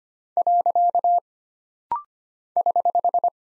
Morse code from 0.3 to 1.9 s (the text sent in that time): .